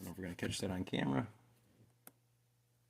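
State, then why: Seated. Someone talks for the first second or so, then a nylon or rubber shift cable grommet on a Traxxas TRX-4 RC truck, fitted during a long arm lift kit install, is pressed into its locating groove in the chassis mount. A single sharp click at 2.1 s marks the grommet snapping into place, where a screw then holds it so the cable can't walk back and forth. The grommet is seated.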